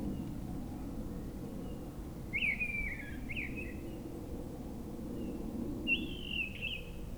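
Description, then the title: Mistle Thrush song: three brief whistled phrases, two close together then a longer one after a pause, against a faint rumbling background. Forest edge at Brison-Saint-Innocent, France; bird singing high at a treetop; Sunday; grey weather, 10°; frequent aircraft from a nearby airport. "Brison-Saint-Innocent, France - Grive draine"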